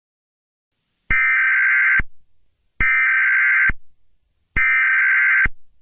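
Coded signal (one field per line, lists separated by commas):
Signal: Emergency Alert System (SAME) tones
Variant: header bursts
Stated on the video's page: Fictional EAS scenario.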